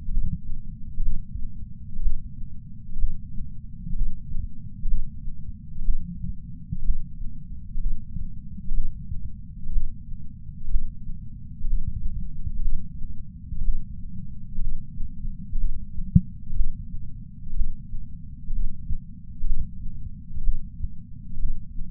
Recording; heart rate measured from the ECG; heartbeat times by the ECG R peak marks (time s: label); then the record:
heart sounds by patch sensor on the chest; 62 bpm
0.10 s: heartbeat
1.02 s: heartbeat
2.01 s: heartbeat
2.98 s: heartbeat
3.95 s: heartbeat
4.87 s: heartbeat
5.84 s: heartbeat
6.84 s: heartbeat
7.79 s: heartbeat
8.73 s: heartbeat
9.72 s: heartbeat
10.70 s: heartbeat
11.66 s: heartbeat
12.61 s: heartbeat
13.63 s: heartbeat
14.60 s: heartbeat
15.57 s: heartbeat
16.55 s: heartbeat
17.55 s: heartbeat
18.52 s: heartbeat
19.46 s: heartbeat
20.43 s: heartbeat
21.39 s: heartbeat
From the record:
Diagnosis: coronary artery disease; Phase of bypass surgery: preoperative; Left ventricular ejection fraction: 60.1%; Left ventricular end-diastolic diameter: 44 mm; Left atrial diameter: 36 mm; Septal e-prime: 5.8 cm/s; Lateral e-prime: 7 cm/s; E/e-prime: 8.9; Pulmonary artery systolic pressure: 24 mmHg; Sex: male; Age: 73 years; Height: 168 cm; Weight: 62 kg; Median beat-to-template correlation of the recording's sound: 0.94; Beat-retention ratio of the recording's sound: 0.98